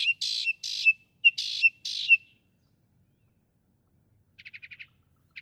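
Northern mockingbird song: harsh scratchy phrases each ending in a clear whistle, then a pause and a soft fast trill.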